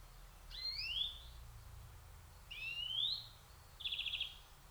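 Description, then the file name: European greenfinch calling: two drawn-out rising wheezy notes about two seconds apart, then a short rapid trill of evenly spaced chips; faint low rumble underneath. "Chloris chloris"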